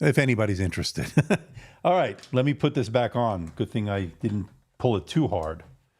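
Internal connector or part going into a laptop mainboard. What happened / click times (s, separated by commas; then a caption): Part handled, not yet seated; no click heard / none. With the bottom cover off, a small internal connector or part is being put back on a laptop mainboard while someone talks throughout. Nothing has seated or clicked yet; the clip ends just before the part goes home.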